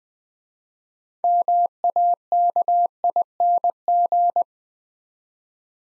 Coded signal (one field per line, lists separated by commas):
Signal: Morse code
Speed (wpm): 20 wpm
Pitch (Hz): 700 Hz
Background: none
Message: MAKING